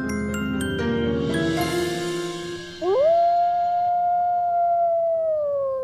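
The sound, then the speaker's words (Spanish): A coyote howls, a long clear cry that swoops upward and then holds a steady, high, wavering pitch for several seconds after a brief burst of rough, clicking noise at the start. “Pues el coyote se encuentra solo en América del Norte y Central, desde Panamá en el sur hasta el norte a través de México, Estados Unidos y Canadá.”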